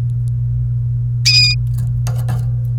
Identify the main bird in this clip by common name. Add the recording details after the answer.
Domestic Canary. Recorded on 28 April 2018 at 10:45. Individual llb3